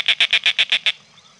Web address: Peterson North American Birds snki